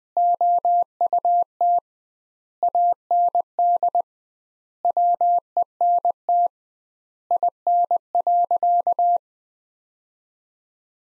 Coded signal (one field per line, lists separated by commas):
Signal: Morse code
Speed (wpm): 21 wpm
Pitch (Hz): 700 Hz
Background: none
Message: OUT AND WENT IN.